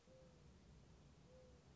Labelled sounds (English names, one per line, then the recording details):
Mourning Dove
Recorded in Sonoma County, California